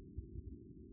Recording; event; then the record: neck accelerometer signal played as sound; no cough (speech, laughter, throat clearing or background)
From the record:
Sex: male